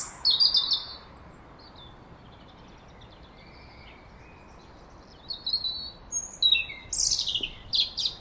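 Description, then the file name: European robin opening with a short high warble, singing only faintly for several seconds, then resuming loudly with a jumbled series of sharp, very high notes. "Erithacus rubecula"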